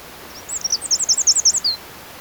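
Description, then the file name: Eurasian wren giving a rapid, even run of very high, clipped notes, with a steady background hiss. "Troglodytes troglodytes"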